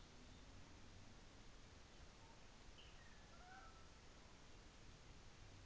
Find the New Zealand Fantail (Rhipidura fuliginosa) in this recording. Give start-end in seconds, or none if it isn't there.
none